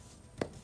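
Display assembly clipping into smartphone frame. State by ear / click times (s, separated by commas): seated / 0.4 s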